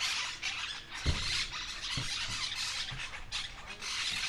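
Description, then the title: Monk parakeets giving harsh, grating squawks in overlapping bursts, with a few dull low thumps underneath. Noisy flock chattering, Calle Lavadero 3, 28970 Humanes de Madrid, Madrid, Spain; Zoom H1n recorder. "Calle Lavadero, 3, Humanes de Madrid, Madrid, España - Grupo de Cotorras Argentinas"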